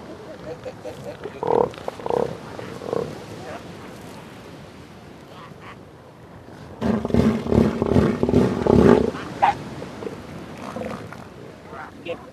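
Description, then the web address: Southern elephant seal giving short pulsed bellows, a brief burst early on and a louder throbbing bout later. "earth naturelibrary assets s so southern elephant seal"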